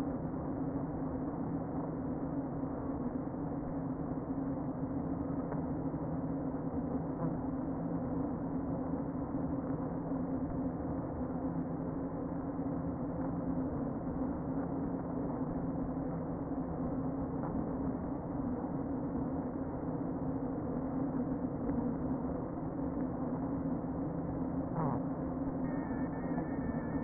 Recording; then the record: honeybee colony, microphone inside the hive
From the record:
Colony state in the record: queen present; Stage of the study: before two queens were removed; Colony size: about 60,000 bees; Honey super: yes